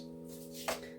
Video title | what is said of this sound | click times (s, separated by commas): Reviewing: VAX Platinum Power Max carpet cleaner | then this locks in place the handle | 0.7 s